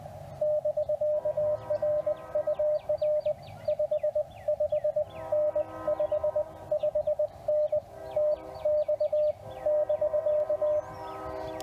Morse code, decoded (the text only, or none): <BK> R UR 55N 55N TX <BK>